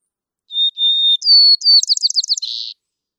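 White-crowned sparrow singing two whistled opening notes, a higher whistle, then rapid slurred chirps and a closing buzzy trill.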